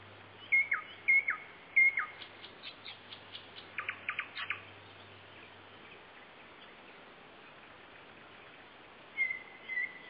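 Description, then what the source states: Common nightingale song: sharp whistled notes, a quick series of clicking notes, then a pause and a later pure whistle over steady background hiss. Singing in May 2007 at the mouth of the Salanka river.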